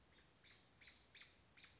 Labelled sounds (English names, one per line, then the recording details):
American Robin
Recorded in Sonoma County, California